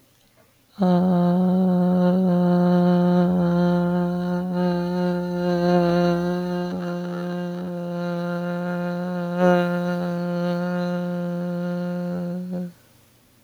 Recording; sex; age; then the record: vowel held as long as possible; female; 40 to 49 years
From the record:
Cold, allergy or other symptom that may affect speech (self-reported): no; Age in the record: 41 years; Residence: Oklahoma, United States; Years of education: 16